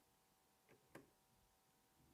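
A self-tapping screw is turned counterclockwise in a plastic screw boss of a Casio SK-1 keyboard case until it drops into the original thread groove, so it can then be driven without cutting new threads. A soft tick at about 0.7 s is followed by a sharper, faint click at 0.9 s, and the screw is seated.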